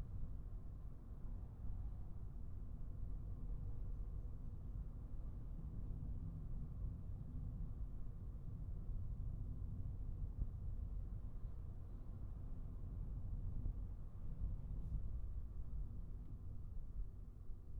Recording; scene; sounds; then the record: everyday scene through a hearing-aid microphone; in a vehicle; engine, highway traffic jam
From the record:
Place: Skoda Fabia, gasoline engine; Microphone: behind the ear, right, rear